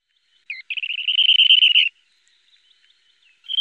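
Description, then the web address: Dunlin giving a short hooked note, then a buzzy, rapidly pulsed trill lasting about a second at steady pitch, with a fainter note starting at the end. "Songs of Birds of North America 37-Dunlin"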